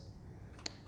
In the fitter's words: stick it all the way in until it clicks